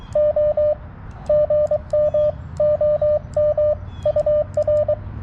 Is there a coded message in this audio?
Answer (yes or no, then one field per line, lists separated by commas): yes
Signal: Morse code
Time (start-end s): 0.2-4.9 s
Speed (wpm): 23 wpm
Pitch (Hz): 600 Hz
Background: radio noise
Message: O GM OM UR